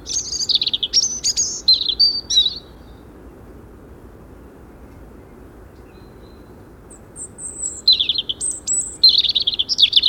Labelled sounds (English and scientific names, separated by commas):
European Robin (Erithacus rubecula) song